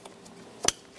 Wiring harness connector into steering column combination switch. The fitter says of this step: Make sure it clicks.